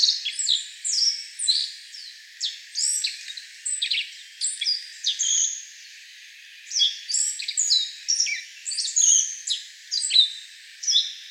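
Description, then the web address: Black-faced bunting singing, repeated high chirpy phrases of short notes, with a pause midway before the bursts resume. Recorded 15 April 2013. "birdenaga aoji"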